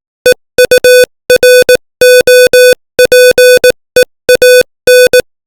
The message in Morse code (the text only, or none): EUROPEAN